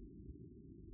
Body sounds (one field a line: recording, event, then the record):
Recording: neck accelerometer signal played as sound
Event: no cough (speech, laughter, throat clearing or background)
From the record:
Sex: female